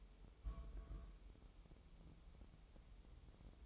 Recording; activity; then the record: daily activity, microphone in the room; place on stove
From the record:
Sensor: 1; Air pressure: 988.3 hPa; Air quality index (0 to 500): 202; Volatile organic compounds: 1000 ppm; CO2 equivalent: 5410 ppm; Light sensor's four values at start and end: 26/97/37/39 and 26/97/37/39